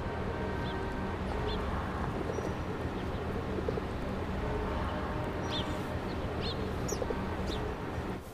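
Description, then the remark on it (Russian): Pigeons being fed on an office windowsill coo and murmur in a steady, busy layer of low throaty calls, with a few brief higher chirps breaking through now and then. The flock never goes quiet. “Анфиса кормит голубей на своем подоконнике в кабинете.”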